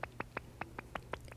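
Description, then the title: Northern bat calls heard as dry clicking pulses, about six per second, over a steady low hum. "Viikon luontoääni: Pohjanlepakko"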